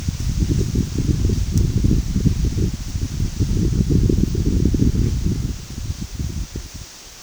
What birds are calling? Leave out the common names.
none